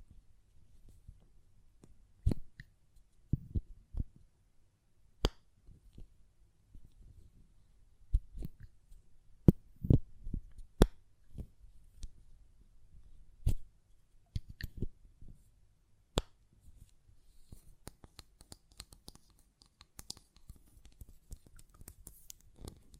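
A glass perfume bottle is tapped and its lid handled, giving sharp, irregular clicks and knocks, denser and lighter toward the end over low rumble.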